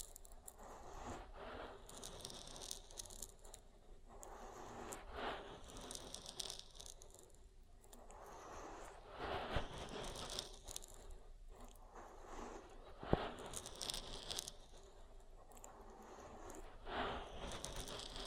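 Oil being worked around the ear makes wet, squelching and crackling sounds close to the mic. The rubbing is continuous but uneven, swelling into brighter, crackly bursts every few seconds, with a few sharp clicks, the clearest near 13 seconds.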